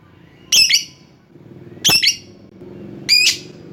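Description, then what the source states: Lovebird calls, three loud, harsh, buzzy squawks, each a quick double note, about one and a quarter seconds apart. Lovebird calling a rival.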